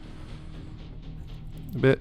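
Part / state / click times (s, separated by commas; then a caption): plastic panel into the lower body of a transforming robot toy / not seated / none. A plastic panel is brought up and lined up against the lower body of a transforming robot toy while someone talks over a low background hum, with a brief louder burst of voice near 1.9 seconds. Nothing has snapped or clicked into place yet.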